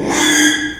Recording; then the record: squeal of a Yucatan mini pig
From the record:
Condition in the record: after surgery on the right vocal fold (resection and tissue-engineered implant); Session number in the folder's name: 3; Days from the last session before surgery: 33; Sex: male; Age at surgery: 12 weeks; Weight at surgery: 13 kg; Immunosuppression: cyclosporine, prednisolone